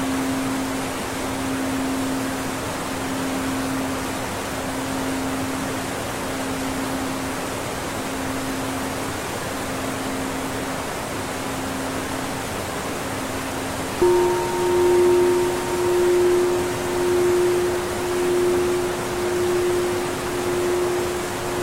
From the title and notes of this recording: Waterfall. A blend of soundscapes and singing bowls.